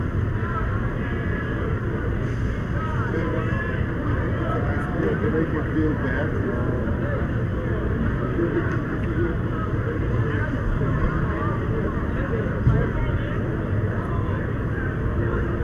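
Crowd noise at SF Pride: a dense, steady wash of many voices talking at once, with a low rumble underneath. The level barely changes across the clip, with only a brief louder bump near the thirteen-second mark.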